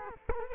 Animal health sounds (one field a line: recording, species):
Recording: mosquito wingbeat signal from an infrared sensor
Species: Culex quinquefasciatus